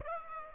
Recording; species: mosquito wingbeat signal from an infrared sensor; Aedes aegypti